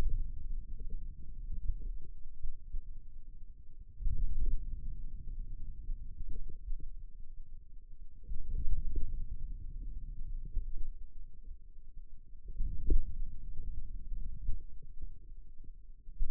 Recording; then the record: forearm muscle sounds (acoustic myography)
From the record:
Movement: wrist extension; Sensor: system 2, bracelet of six BSWA MPA416 microphones around the upper forearm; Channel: 3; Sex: male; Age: 22 years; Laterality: right